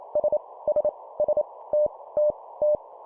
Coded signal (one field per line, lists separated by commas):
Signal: Morse code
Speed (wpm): 28 wpm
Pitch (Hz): 600 Hz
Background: none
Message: S S S T T T